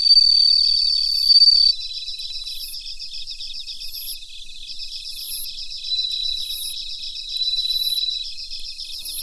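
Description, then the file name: Bell cricket producing regular high, rising ringing notes every second or so, over continuous beaded insect pulses. "Suzumushi Mitsukado"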